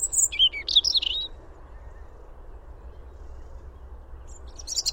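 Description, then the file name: European robin, one short burst of high, tinkling warbled notes at the start, then quiet hum and a faint high fragment at the end. "Erithacus rubecula"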